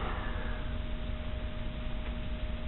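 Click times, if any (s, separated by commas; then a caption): none. An alternator brush, held by a bent-back clamp, is handled at its brush holder in a 10SI/12SI alternator housing, with its small notch lined up for the matching indent. Only a steady low rumble with faint constant hum tones is heard, with no sharp sounds. Nothing has seated or clicked yet.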